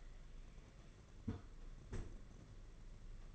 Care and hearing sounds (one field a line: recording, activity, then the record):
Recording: daily activity, microphone in the room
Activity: close fridge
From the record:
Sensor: 4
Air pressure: 992.7 hPa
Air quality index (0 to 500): 167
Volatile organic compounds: 230 ppm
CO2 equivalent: 4306 ppm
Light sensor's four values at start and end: 19/67/25/25 and 20/68/25/26